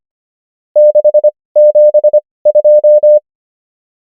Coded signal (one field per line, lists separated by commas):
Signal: Morse code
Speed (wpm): 25 wpm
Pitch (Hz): 600 Hz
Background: none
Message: 672